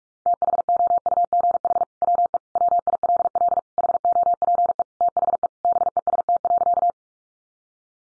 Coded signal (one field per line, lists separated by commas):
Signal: Morse code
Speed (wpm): 44 wpm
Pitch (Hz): 700 Hz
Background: none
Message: THOUGH WE WILL HOPE THE BEST.